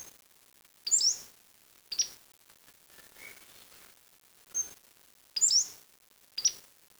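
Bird calls: sharp, high, thin chirps in small bursts, with a brief lower whistled note between two clusters, over quiet background hiss.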